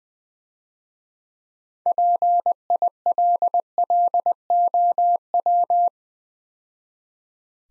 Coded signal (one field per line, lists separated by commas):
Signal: Morse code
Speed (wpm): 23 wpm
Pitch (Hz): 700 Hz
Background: none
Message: PILLOW